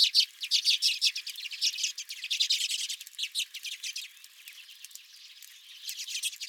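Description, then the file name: Redpolls giving rapid chattering notes, loudest at the start, then slacking into sparser calls before a short pick-up at the close. Several redpolls at the recordist's feeder. "Redpolls at My Feeder"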